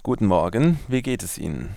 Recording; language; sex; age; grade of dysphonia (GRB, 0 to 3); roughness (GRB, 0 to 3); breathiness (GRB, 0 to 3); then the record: spoken sentence; German; male; 20 to 29 years; 0; 0; 0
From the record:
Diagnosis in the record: healthy voice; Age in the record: 22 years